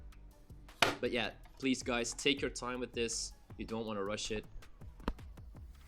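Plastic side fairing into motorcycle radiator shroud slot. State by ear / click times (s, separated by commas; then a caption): seated / 5.1 s. Someone talks while a small plastic side fairing on a CB1000 Hornet motorcycle is pushed gently, so as not to crack it, into its mounting slot in the radiator shroud during an Evotech radiator guard install. A sharp click is heard at 5.1 s, followed by a few faint ticks. The fairing is seated and clicked in, and it no longer moves.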